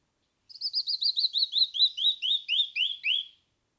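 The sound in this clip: Canyon wren song, a cascade of more than a dozen clear whistled notes sliding steadily downward.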